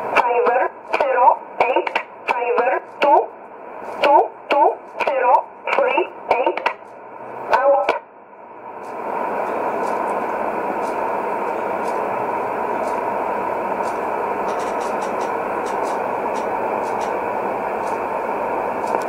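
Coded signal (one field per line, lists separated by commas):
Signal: numbers station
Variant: E11 Oblique, English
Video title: 12 06 2017 Numbers station E11 Oblique in English to Eu 0754 on 9610 in USB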